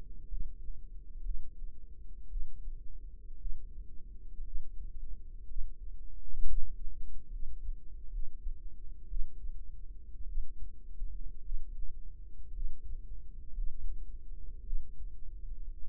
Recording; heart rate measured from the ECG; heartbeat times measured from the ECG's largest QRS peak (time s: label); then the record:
heart sounds by microphone in the right ear; 58 bpm
0.28 s: heartbeat
1.22 s: heartbeat
2.29 s: heartbeat
3.39 s: heartbeat
4.44 s: heartbeat
5.47 s: heartbeat
6.47 s: heartbeat
7.30 s: heartbeat
8.11 s: heartbeat
9.08 s: heartbeat
10.27 s: heartbeat
11.43 s: heartbeat
12.53 s: heartbeat
13.55 s: heartbeat
14.64 s: heartbeat
15.87 s: heartbeat
From the record:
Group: healthy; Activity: rest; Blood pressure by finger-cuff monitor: 104/61 mmHg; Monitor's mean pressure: 75 mmHg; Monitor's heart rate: 57 bpm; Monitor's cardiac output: 5.5 L/min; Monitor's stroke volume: 94 mL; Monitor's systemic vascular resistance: 1010 dyn s/cm5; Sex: female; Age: 28 years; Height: 170 cm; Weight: 77 kg